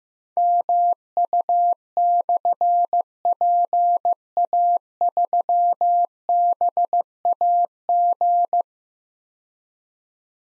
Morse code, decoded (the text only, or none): MU/PA3BAG